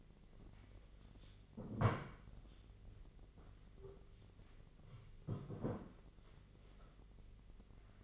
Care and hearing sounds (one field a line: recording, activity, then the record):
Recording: daily activity, microphone in the room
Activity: sit down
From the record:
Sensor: 4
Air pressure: 1013.1 hPa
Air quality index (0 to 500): 174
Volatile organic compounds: 2 ppm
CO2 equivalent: 1101 ppm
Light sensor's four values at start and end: 47/117/49/52 and 48/119/50/54